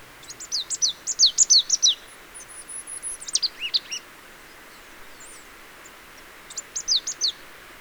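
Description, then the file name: Marsh tit call series, rapid chattering runs of high falling notes, a lull, then another brisk cluster, with a thin drawn-out whistle in the background. "Poecile palustris"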